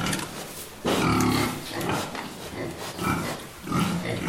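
Pig grunts and snorts, low rough noisy bursts coming in uneven bouts.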